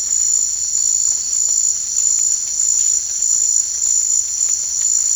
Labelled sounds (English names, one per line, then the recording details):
none
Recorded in dense forest near Puerto Asís, Putumayo, Colombia, on 21 March 2025 at 16:00
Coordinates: 0.485, -76.318
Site G056